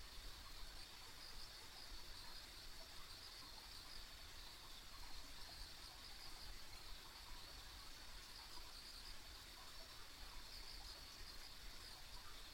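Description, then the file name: An insect chorus forms a constant high ringing band that swells slightly at times, with quiet low background noise. Ambient insect sounds on a country road. "田舎道の虫の環境音"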